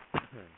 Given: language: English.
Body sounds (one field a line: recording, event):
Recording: throat vibration sensor signal played as sound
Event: cough